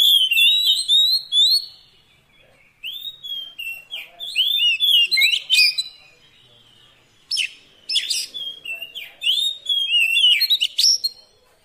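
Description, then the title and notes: Oriental magpie-robin delivering bursts of loud, varied whistling mixed with harsh chirps and quick slurred notes, broken by short silent gaps. Long-duration fill-in song to get the bird singing eagerly day and night. "Kacer Jadi Gacor Siang Malam. Isian Kacer Durasi Panjang"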